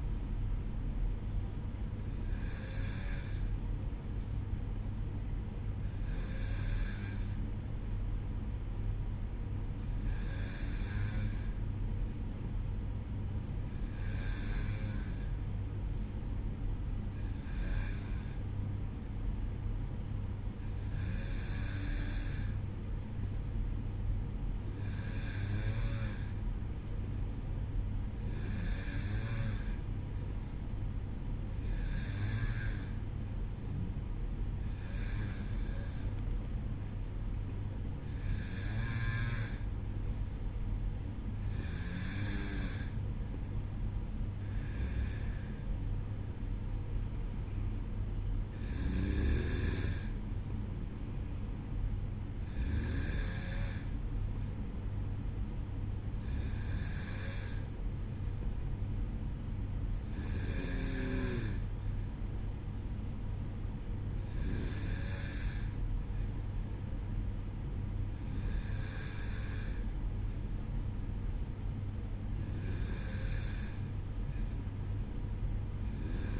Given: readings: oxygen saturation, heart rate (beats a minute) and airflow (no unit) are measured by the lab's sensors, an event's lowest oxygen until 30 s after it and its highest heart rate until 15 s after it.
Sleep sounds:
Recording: breathing in sleep by a smartphone at the bedside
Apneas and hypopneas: none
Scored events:
68.00-76.40 s: new sleep stage, N2 (light sleep)
From the record:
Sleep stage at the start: N1 (lightest sleep)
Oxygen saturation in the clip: 92 to 94%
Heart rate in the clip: 54 to 58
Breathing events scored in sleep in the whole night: 305 in 9.6 hours asleep

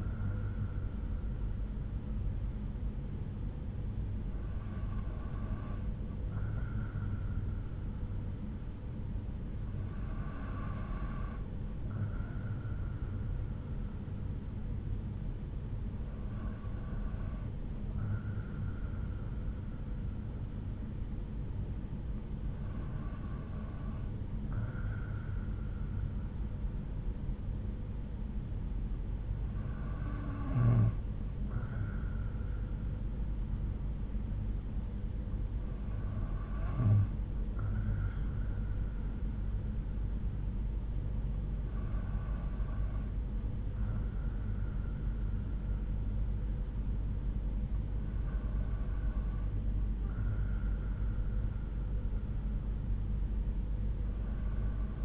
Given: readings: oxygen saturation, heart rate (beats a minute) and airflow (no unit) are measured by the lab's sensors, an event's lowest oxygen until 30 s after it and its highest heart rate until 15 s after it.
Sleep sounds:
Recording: breathing in sleep by a smartphone at the bedside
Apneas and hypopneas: none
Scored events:
none scored
From the record:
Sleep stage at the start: N2 (light sleep)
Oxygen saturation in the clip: 92 to 93%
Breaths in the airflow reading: 8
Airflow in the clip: -3.9 to 3.1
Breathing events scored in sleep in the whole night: 368 in 8.0 hours asleep

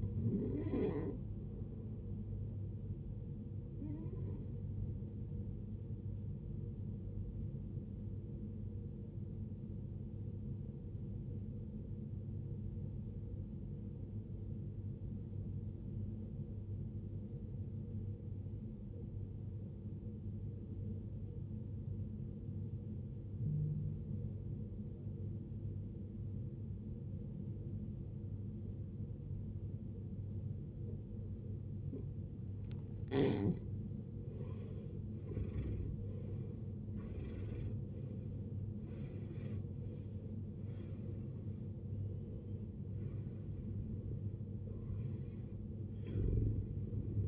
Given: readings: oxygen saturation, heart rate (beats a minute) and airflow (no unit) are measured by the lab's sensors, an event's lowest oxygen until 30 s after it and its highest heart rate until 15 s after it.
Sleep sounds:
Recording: breathing in sleep by a smartphone at the bedside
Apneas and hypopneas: 1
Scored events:
2.00-47.28 s: new sleep stage, N1 (lightest sleep)
11.00-33.30 s: obstructive apnea (N1, oxygen 91% highest, then 75% lowest, heart rate 53 at the start, 78 highest)
From the record:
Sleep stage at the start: N2 (light sleep)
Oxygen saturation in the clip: 78 to 91%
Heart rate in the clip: 52 to 78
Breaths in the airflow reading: 8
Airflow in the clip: -17.3 to 20.4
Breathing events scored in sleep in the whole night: 389 in 6.3 hours asleep

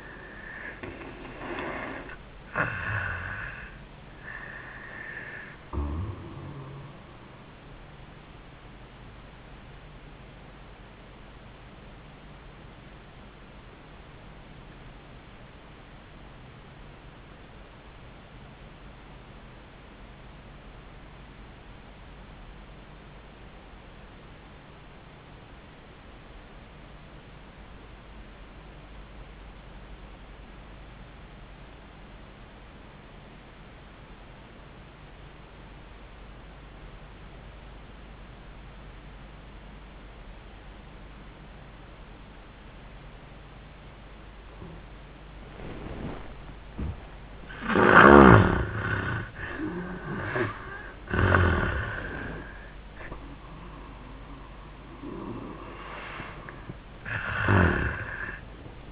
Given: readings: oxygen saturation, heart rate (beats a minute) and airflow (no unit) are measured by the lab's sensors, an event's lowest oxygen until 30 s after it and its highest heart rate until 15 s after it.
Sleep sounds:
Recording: breathing in sleep by a voice recorder at the bedside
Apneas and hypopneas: 1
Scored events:
15.00-47.80 s: obstructive apnea (N1, oxygen 96% highest, then 68% lowest, heart rate 71 at the start, 91 highest)
From the record:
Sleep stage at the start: N1 (lightest sleep)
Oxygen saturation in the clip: 66 to 96%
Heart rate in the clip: 71 to 85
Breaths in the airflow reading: 4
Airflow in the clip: -31.0 to 15.1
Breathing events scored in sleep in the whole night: 400 in 8.7 hours asleep

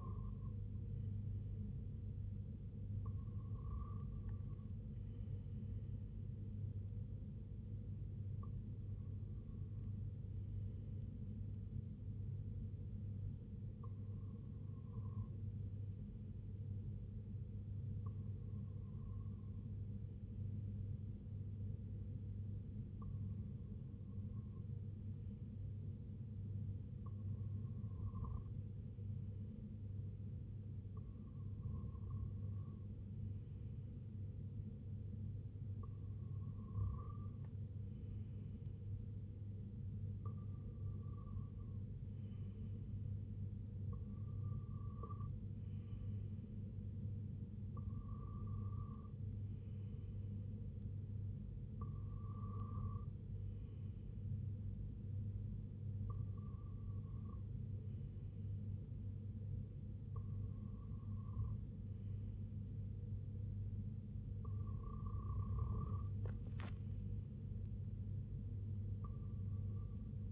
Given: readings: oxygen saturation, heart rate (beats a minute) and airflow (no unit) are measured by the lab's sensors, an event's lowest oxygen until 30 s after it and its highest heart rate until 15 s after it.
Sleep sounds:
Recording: breathing in sleep by a smartphone at the bedside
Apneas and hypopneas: none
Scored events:
none scored
From the record:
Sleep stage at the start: REM sleep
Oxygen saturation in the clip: 92 to 96%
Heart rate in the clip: 65 to 82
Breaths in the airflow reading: 16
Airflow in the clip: -5.9 to 3.4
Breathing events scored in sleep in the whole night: 258 in 7.4 hours asleep

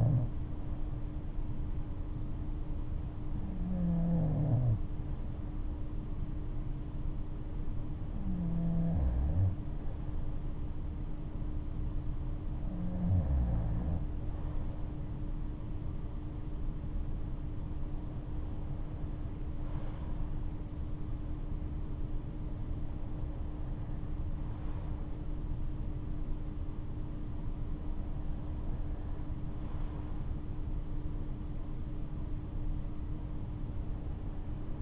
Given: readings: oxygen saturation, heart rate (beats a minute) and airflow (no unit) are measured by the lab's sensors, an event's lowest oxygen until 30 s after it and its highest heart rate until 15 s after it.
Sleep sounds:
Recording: breathing in sleep by a smartphone at the bedside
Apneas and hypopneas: none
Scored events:
none scored
From the record:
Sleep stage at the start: N2 (light sleep)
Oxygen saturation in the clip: 95 to 96%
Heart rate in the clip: 63 to 68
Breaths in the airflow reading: 7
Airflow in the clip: -12.1 to 10.2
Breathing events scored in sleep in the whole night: 228 in 5.4 hours asleep

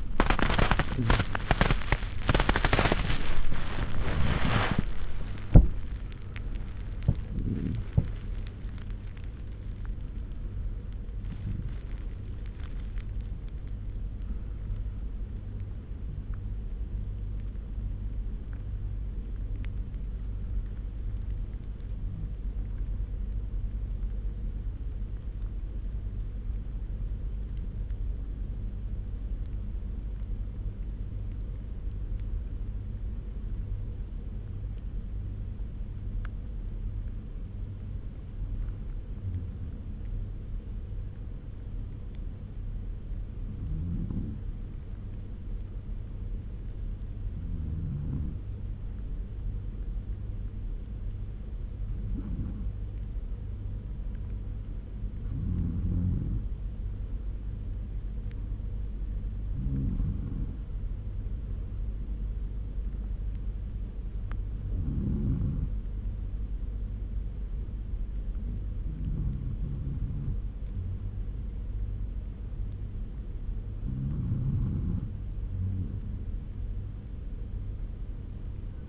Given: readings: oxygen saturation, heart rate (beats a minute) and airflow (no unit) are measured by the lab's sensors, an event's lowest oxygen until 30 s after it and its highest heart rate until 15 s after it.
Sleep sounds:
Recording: breathing in sleep by a smartphone at the bedside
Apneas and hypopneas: 1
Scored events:
7.00-78.89 s: new sleep stage, N1 (lightest sleep)
22.00-73.80 s: hypopnea (N1, oxygen 98% highest, then 94% lowest, heart rate 81 at the start, 81 highest)
From the record:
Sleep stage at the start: N2 (light sleep)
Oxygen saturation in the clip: 87 to 98%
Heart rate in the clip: 71 to 100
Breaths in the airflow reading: 16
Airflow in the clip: -10.1 to 14.0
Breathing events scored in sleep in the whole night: 201 in 6.5 hours asleep

